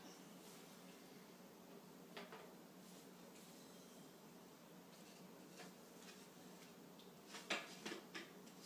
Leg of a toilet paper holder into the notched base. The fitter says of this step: so that as the leg goes down it locks into place